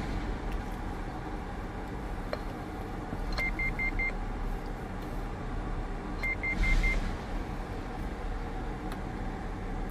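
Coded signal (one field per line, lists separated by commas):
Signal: roger beep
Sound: two bursts of four quick high beeps each, marking ends of transmissions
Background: vehicle engine rumble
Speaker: this has five roger beeps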